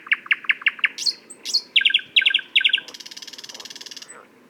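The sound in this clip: Thrush nightingale song: a run of sharp repeated clicking notes, then brief high whistles, then a fast dry rattling trill lasting about a second before a faint final note.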